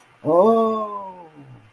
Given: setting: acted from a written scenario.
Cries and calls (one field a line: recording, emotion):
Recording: vocal sound without words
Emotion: realization